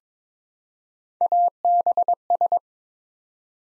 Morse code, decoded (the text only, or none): ABS